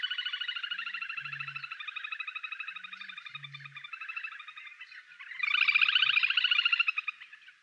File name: dodaars zang